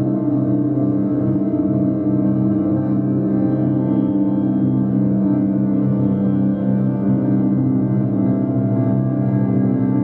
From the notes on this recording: chakra friendly tones and vibrations